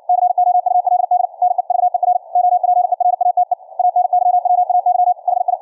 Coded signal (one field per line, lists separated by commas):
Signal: Morse code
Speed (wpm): 56 wpm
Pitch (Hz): 720 Hz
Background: none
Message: COULD NEVER OPERATE ANYWAY HI